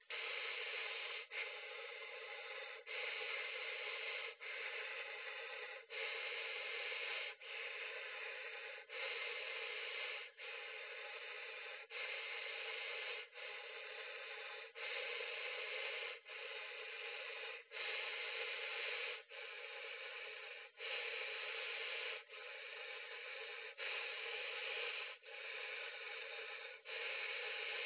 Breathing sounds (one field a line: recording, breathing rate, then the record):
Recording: paced breathing near a phone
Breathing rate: 20 breaths a minute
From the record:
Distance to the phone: 20 cm